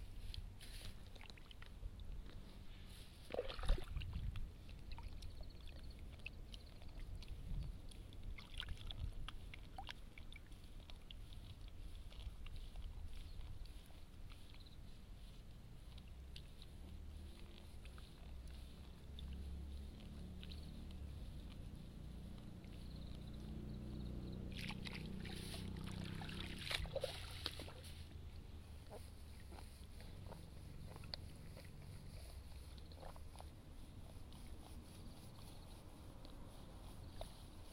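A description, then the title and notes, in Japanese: Rice seedlings are pulled from a flooded nursery bed, with low watery sloshing throughout and sharper splashes and rustles around four and twenty-six seconds. 水苗代でイネの苗取り。水苗代で、イネの苗とりしています。苗を１本ずつ抜いて、まとめてワラで束にして、、束をたくさん作っていきます。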